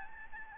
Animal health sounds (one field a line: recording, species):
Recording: mosquito wingbeat signal from an infrared sensor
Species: Aedes albopictus